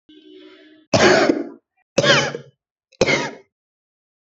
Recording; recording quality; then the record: heavy voluntary cough; excellent, no background noise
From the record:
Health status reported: healthy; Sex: female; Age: 24 years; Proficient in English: yes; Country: India